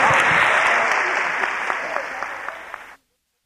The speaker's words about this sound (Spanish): Ok, gracias. Gracias, vamos a darles un aplauso a los que subieron.